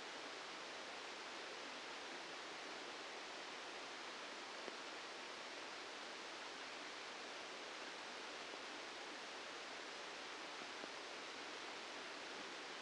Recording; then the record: brain microelectrode recording played as sound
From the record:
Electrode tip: outside the subthalamic nucleus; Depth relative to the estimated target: -2 mm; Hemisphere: left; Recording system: NeuroSet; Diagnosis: Parkinson's disease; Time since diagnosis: 8 years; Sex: male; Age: 65 years